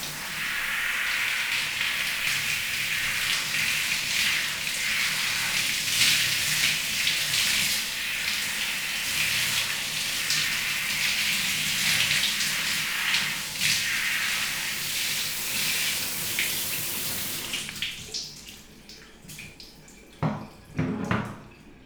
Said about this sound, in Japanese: おお、温度はこれくらいかな。よし、じゃあ髪の毛濡らしていくね。どう？熱くない？ちょうどいい？よかった。